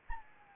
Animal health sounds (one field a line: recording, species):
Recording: mosquito wingbeat signal from an infrared sensor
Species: Anopheles arabiensis